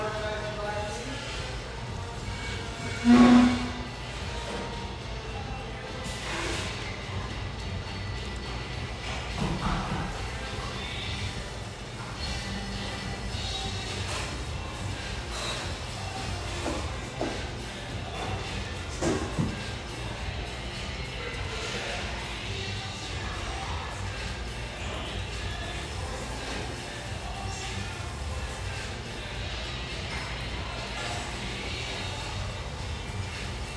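A steady hum fills an espresso house near the Vancouver riverfront, with low murmuring voices and a constant low rumble underneath. A sharp clatter or thump stands out around three seconds in, with smaller knocks and clinks scattered throughout.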